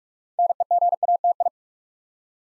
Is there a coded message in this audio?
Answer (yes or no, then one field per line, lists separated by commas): yes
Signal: Morse code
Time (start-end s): 0.4-1.5 s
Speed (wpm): 44 wpm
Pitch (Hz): 700 Hz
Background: none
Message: NEGATI